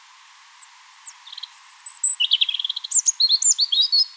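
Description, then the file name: European robin with high thin opening notes, then a fast, rattling trill and a tumbling run of sharp, high twitters. "Erithacus rubecula"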